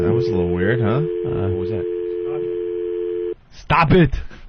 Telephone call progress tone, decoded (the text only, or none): dial tone